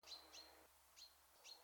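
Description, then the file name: Common chaffinch giving four short, high calls at irregular intervals over a quiet low hum. "Fringilla coelebs"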